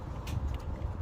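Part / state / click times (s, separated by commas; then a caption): wire harness connector into its sensor socket / not seated / none. The plastic engine wire harness connector on a Lexus IS350 is handled as it is brought back to its sensor socket after a cold air intake install. Steady low rumble is heard, with brief, faint handling noises around 0.3 s and 0.5 s. The connector has not clicked or seated yet.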